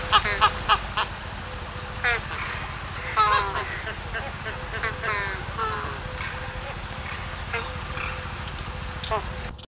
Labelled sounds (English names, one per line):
Chilean Flamingo call